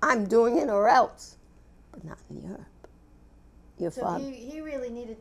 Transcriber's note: she lowers her voice